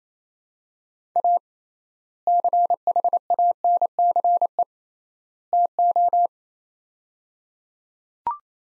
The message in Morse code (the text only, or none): A CHANCE TO